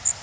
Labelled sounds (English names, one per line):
Blackburnian Warbler flight call